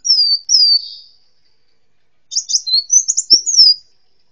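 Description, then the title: Sunbird calls: two drawn-out thin descending whistles, a quiet gap, then a quick burst of high twittering notes with a couple of faint low taps. "kicau kolibri"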